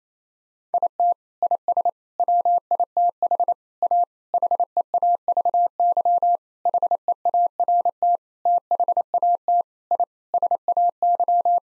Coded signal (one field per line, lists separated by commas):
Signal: Morse code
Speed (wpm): 28 wpm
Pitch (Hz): 700 Hz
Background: none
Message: IT IS WITH A HEAVY HEART THAT I SAY